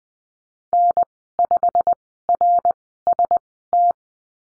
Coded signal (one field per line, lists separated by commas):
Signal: Morse code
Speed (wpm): 20 wpm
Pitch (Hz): 700 Hz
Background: none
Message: N5RST